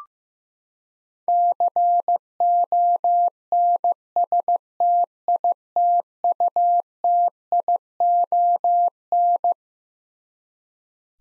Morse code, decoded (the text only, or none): CONSTITUTION